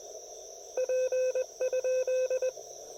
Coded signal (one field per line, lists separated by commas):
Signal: Morse code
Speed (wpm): 18 wpm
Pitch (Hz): 530 Hz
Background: radio noise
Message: P?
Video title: POTA Field Report: South Mountains State Park with a guest logger!